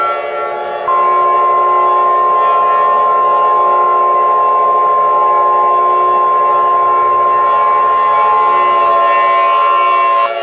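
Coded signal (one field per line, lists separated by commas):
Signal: Emergency Alert System (SAME) tones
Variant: 1050 Hz attention tone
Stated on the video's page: Fictional New Year's tornado EAS alert; the tones are not from a real alert.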